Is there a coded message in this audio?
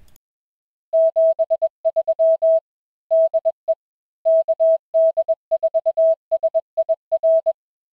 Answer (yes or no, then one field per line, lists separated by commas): yes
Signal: Morse code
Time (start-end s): 0.9-7.5 s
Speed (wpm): 21 wpm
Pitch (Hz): 650 Hz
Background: music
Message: 73 DE KD4SIR